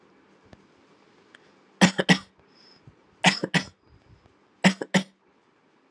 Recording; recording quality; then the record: shallow voluntary cough; excellent, no background noise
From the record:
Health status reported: exposed to COVID-19, no respiratory illness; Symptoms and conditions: none ticked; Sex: male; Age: 29 years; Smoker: not ticked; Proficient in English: yes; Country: India